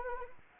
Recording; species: mosquito wingbeat signal from an infrared sensor; Anopheles arabiensis